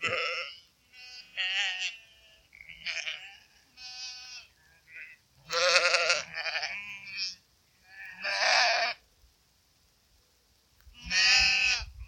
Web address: Nature Trail NTCommon Sheep